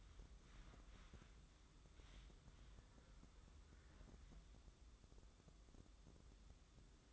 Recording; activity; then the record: daily activity, microphone in the room; wipe stove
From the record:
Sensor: 3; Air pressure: 996.1 hPa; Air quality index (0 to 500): 92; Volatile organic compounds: 11 ppm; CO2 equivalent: 2274 ppm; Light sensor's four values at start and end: 26/80/33/28 and 26/80/33/28